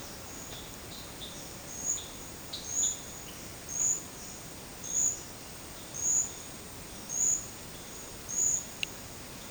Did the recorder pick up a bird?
yes